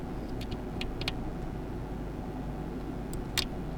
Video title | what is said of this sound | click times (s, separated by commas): Cudy P2 – How to Insert SIM Card | we need to push it down until you hear a click. | 3.4 s